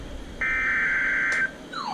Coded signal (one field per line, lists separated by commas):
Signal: Emergency Alert System (SAME) tones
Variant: header bursts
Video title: Did you say Required Daily SVRs? | EAS #592-605 (Severe Weather Alerts from 7/16-17/2024)